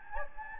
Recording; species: mosquito wingbeat signal from an infrared sensor; Anopheles gambiae